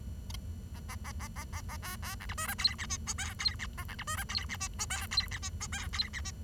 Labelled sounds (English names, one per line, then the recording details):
Bengalese Finch song
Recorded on 23 June 2012 at 09:20
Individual gr41rd51